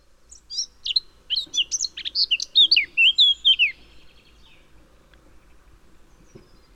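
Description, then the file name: Eurasian blackcap song: quick scratchy warbling chatter building into a few clear fluted whistles, then quiet. "Sylvia atricapilla"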